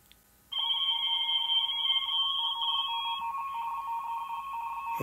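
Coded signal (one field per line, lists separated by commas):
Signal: RTTY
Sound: steady warbling two-tone chatter, rapid alternation between close pitches, with higher overtones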